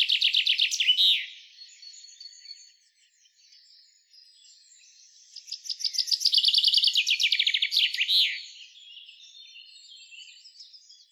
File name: Fringilla coelebs